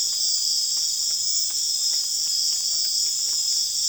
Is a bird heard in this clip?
no